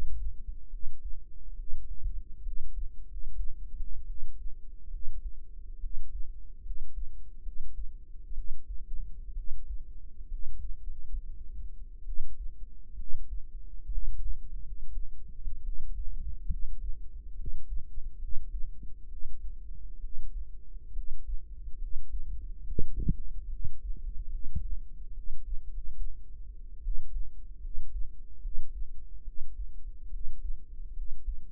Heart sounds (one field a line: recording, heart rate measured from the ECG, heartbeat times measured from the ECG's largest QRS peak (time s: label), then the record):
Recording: heart sounds by microphone in the right ear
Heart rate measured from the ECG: 69 bpm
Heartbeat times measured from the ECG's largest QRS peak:
0.67 s: heartbeat
1.53 s: heartbeat
2.40 s: heartbeat
3.03 s: heartbeat
4.04 s: heartbeat
4.87 s: heartbeat
5.77 s: heartbeat
6.59 s: heartbeat
7.40 s: heartbeat
8.31 s: heartbeat
9.31 s: heartbeat
10.25 s: heartbeat
10.79 s: heartbeat
12.03 s: heartbeat
12.93 s: heartbeat
13.86 s: heartbeat
14.59 s: heartbeat
15.60 s: heartbeat
16.45 s: heartbeat
17.33 s: heartbeat
18.16 s: heartbeat
19.06 s: heartbeat
19.98 s: heartbeat
20.90 s: heartbeat
21.75 s: heartbeat
22.62 s: heartbeat
23.46 s: heartbeat
24.26 s: heartbeat
25.11 s: heartbeat
25.66 s: heartbeat
26.80 s: heartbeat
27.58 s: heartbeat
28.39 s: heartbeat
29.21 s: heartbeat
30.07 s: heartbeat
30.91 s: heartbeat
From the record:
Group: healthy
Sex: female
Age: 22 years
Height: 171 cm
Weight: 65.6 kg